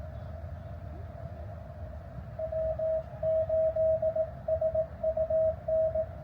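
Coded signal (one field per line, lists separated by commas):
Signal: Morse code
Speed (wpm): 16 wpm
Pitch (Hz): 660 Hz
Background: radio noise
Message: W8SUN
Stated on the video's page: Morse code from a park activation, US-3548 Rio de Los Angeles State Park.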